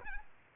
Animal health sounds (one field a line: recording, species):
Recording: mosquito wingbeat signal from an infrared sensor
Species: Aedes albopictus